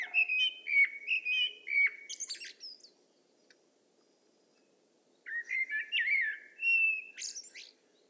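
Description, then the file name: Common blackbird song: mellow fluted warbled phrases followed by high squeaky twitters, two bursts separated by a few seconds of quiet. "Turdus merula"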